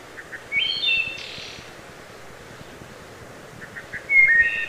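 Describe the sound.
Wood thrush song: soft introductory notes leading into a bright flutey slur and a high buzzy trill, then a second phrase begins near the end, over a quiet hum.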